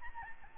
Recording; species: mosquito wingbeat signal from an infrared sensor; Aedes albopictus